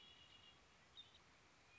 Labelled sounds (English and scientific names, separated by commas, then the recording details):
Red-winged Blackbird (Agelaius phoeniceus)
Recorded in Sonoma County, California